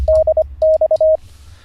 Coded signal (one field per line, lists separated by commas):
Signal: Morse code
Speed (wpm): 25 wpm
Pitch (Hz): 630 Hz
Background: none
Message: DX